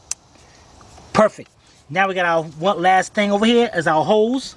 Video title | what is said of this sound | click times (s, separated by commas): ⭐ 2012 Ford Pickup F-150 FX2 - 3.5 - Spark Plugs - Ignition Coils | there's a little tab that's gonna be towards the bottom push it on until it clicks perfect | 0.1 s